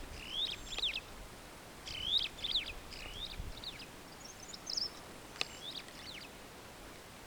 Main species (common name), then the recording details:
Superb Starling. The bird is a female. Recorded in Kenya on 18 July 2010. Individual 111, of group WDB